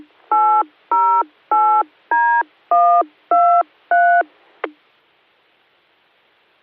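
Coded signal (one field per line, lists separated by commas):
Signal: DTMF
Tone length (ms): 320 ms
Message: 808D123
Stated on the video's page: DTMF macro programmed on Baofeng radios by a jammer, transmitted over a repeater during a weekly net.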